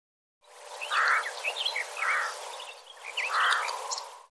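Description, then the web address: Bird calls: three soft, rounded notes at a steady pitch, with scattered thin chirps and twitters between them. "cianscape birddata Deverinetal"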